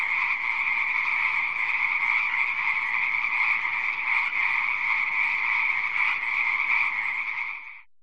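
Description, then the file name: Frog calling in a continuous, even trill that holds a steady pitch for about eight seconds before stopping abruptly. "audio hero Frog"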